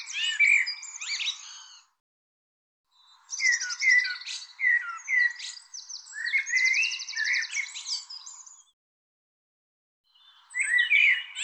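Bird calls, a varied series of harsh squawks and chirps with buzzy rising notes, in bursts separated by short silences.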